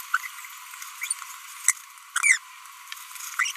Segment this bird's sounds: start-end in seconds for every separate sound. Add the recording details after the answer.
1.02-1.13, 2.16-2.38, 3.39-3.51. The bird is a female. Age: 22 days. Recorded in a nest box in Venezuela. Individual 17B42B3